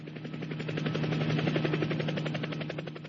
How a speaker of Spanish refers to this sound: Bien, acá, mirá, tengo un ringtone buenísimo de un helicóptero. ¿Querés que te lo mande?